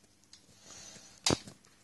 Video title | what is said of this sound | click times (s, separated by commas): DBM30 v1 Box Mod Handhabung | wer was sehen dass es dann klick machen wird so ist es unten klick | 1.3 s